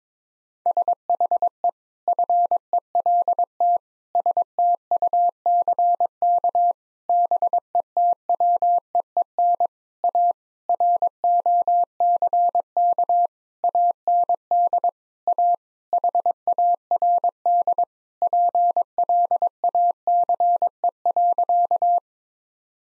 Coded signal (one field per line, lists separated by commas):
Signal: Morse code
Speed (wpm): 22 wpm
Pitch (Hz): 700 Hz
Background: none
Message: SHE FELT STUCK BETWEEN A ROCK AND A HARD PLACE.